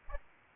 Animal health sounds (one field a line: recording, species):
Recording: mosquito wingbeat signal from an infrared sensor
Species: Aedes albopictus